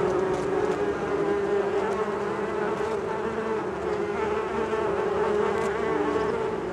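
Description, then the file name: Bees giving a thick, constant buzzing hum, numerous insects blending into one even drone with slight wavering in pitch. "benboncan bees"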